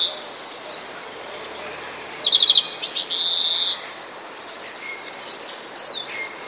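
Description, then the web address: European greenfinch wheezing call: a quick run of trilled chirps, then one long, harsh, buzzy wheeze, with scattered faint high notes and background hiss. "wroblowe zapozyczenia dzwoniec"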